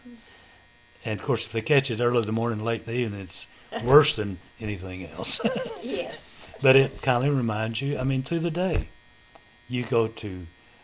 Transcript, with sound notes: Mm-hmm.
And of course if they catch it early in the morning, or late in the evening, it's worse than anything else.
(Laughter) Yes.
But it kindly reminds you-- I mean through the day. You go to